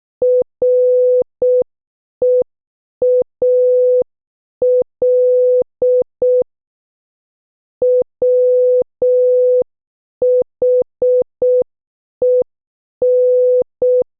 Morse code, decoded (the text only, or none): REAL WHEN